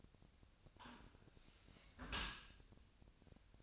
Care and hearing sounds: daily activity, microphone in the room; close dishwasher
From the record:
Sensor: 2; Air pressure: 1003.0 hPa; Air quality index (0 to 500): 199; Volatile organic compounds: 6 ppm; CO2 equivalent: 1887 ppm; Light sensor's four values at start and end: 23/56/24/27 and 23/56/24/27

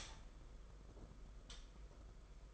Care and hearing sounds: daily activity, microphone in the room; stop toaster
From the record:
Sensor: 5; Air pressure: 991.8 hPa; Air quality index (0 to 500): 167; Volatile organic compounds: 426 ppm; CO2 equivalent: 4714 ppm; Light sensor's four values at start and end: 33/110/41/44 and 33/110/41/44

